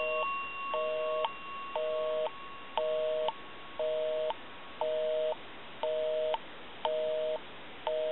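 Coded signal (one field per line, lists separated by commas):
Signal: telephone call progress tone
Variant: North America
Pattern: busy tone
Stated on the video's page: Call progress tone heard on a Western Electric rotary 202 telephone with bell box during initial checkout and repair.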